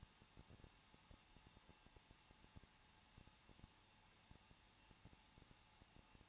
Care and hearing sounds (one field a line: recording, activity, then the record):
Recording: daily activity, microphone in the room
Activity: no activity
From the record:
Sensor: 1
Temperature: 20.1 degrees Celsius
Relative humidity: 39.1%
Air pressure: 1006.4 hPa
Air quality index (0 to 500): 216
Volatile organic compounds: 74 ppm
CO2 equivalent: 3555 ppm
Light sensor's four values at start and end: 1/2/1/1 and 1/2/1/1